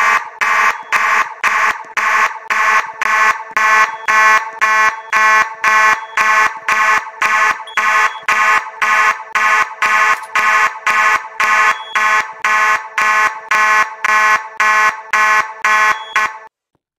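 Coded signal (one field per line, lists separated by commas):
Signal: alarm pattern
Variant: fast march time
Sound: harsh buzzing horn pulsing rapidly, about 28 short blasts with brief gaps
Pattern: march time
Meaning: Fire alarm evacuation signal in march-time pulsing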